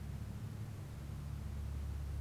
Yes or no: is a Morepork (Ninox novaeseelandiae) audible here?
no